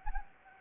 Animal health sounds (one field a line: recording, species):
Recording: mosquito wingbeat signal from an infrared sensor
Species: Anopheles gambiae